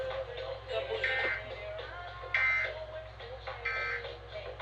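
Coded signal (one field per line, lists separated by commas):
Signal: Emergency Alert System (SAME) tones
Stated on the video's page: Flash flood warning received on eleven stations, flash flood statement on one station.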